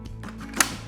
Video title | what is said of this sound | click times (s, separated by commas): POD Bassinet & Bedside Sleeper Set Up | you'll hear a loud click. | 0.6 s